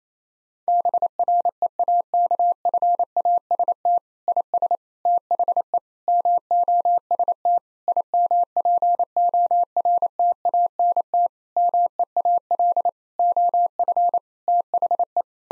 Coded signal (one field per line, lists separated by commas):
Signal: Morse code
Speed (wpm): 28 wpm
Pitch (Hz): 700 Hz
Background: none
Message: BREAKFAST IS THE MOST IMPORTANT MEAL OF THE